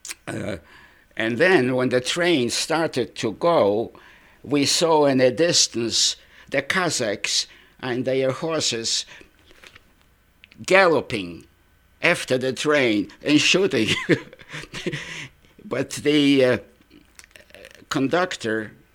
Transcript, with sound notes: and then when the train started to go we saw at a distance the Cossacks on their horses galloping after the train and shooting. ( he laughs ) But the conductor,